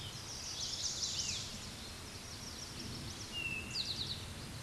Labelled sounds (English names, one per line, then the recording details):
Eastern Towhee song
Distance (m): 5 m
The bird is about level with the microphone
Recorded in a Pennsylvania forest on 16 May 2024 at 09:47
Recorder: AudioMoth, point MSD-1368
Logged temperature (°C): 12.5 °C
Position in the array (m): 1 m, 44 m